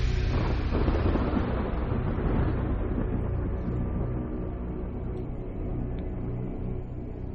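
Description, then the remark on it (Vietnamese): A loud, continuous thunderous rumbling of a sudden, dense meteor shower in the sky over Thương Minh, shaking everything around, with deep booming low end and a rough crackling wash on top, easing only slightly over several seconds without any voices. “Kéo theo cái trận mưa sao băng kinh hoàng đó thì tất cả mọi nơi đều dường như là bị chấn động ầm ĩ.”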